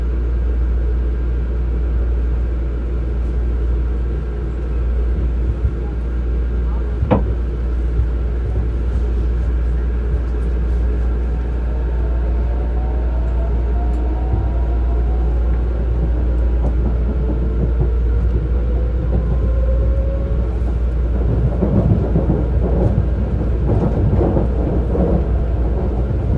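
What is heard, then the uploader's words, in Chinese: Inside a quiet metro car, a loud, steady air-conditioning hum and low rumble fill the space, with a brief clack near seven seconds and rattling later. 台北捷運淡水線。安靜且冷漠的捷運車廂裡。捷運冷氣嗡嗡聲超大聲。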